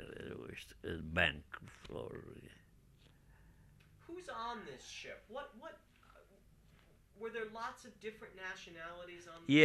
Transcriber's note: none